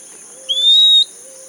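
Bird giving a single clear whistled note that rises slightly then holds steady for about half a second, over a constant high-pitched drone.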